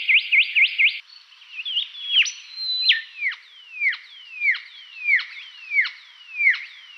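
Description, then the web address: Rufous whistler song: a few quick bouncing notes, then a series of loud, downward-sweeping whistles repeated roughly every two-thirds of a second. Recorded in a garden in Canberra. "canberra-garden-birds whistlers-shrike-thrush rufous-whistler"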